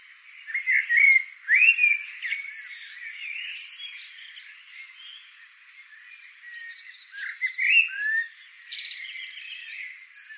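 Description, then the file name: Eurasian blackbird song: fluty whistles at the start, then high, scratchy twitters, a pause, and another whistled phrase. "Turdus merula"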